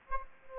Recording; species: mosquito wingbeat signal from an infrared sensor; Aedes aegypti